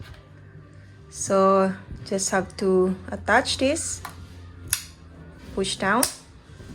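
A plastic bristle brush attachment is pushed down onto the handle of a Conair Infinitipro hair dryer brush while someone talks, with a brief sharp handling sound at about 4.7 s. The clip ends before the attachment goes home, so nothing has seated or clicked yet.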